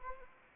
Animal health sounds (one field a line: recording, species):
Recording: mosquito wingbeat signal from an infrared sensor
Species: Anopheles arabiensis